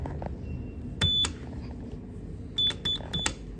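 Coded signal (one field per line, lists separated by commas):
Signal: none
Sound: lift floor passing beeps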